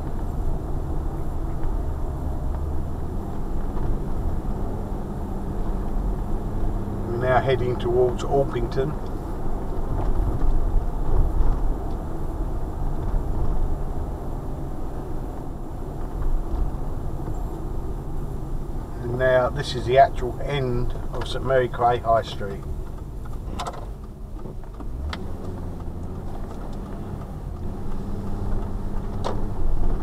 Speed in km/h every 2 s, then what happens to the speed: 27, 29, 29, 31, 35, 34, 32, 31, 27, 23, 19, 11, 11, 16, 21.
0-7 speeds up to 35. 7-15 steady at about 32. 15-22 slows to 11. 25-30 speeds up to 21.